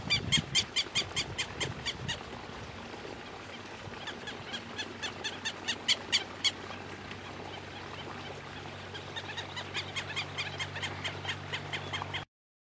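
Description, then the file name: Southern lapwing calling in rapid bursts of sharp, grating notes, pausing midway then resuming, with a constant low hum underneath. "canto do quero quero"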